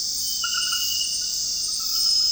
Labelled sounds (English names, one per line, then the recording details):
none
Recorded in dense forest near Puerto Asís, Putumayo, Colombia, on 20 February 2024 at 00:00
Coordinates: 0.481, -76.318
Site G6421